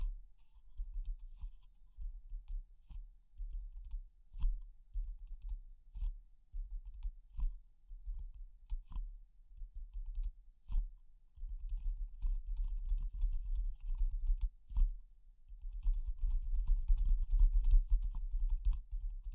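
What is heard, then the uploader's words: Tapping in quick, sharp clicks, at first spaced irregularly with short pauses, then from around eleven seconds growing faster and denser into near-continuous rustling taps. A low rumble runs underneath throughout, swelling along with the busier tapping toward the end. ASMR Pure Tapping Fast and Slow (No Talking).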